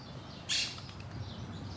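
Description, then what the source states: Exotic birds: a single loud, harsh squawk over a steady low background rumble. Garden of exotic birds.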